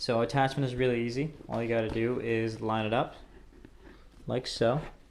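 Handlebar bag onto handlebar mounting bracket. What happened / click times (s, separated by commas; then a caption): The part is being lined up on its mount but has not clicked into place / none. A handlebar bag is lined up on its plastic quick-release handlebar mounting bracket on a Surly Long Haul Trucker touring bike while someone talks. A faint brief tick sounds near 3.7 s, but nothing has seated or clicked yet; the bag is not yet pushed home.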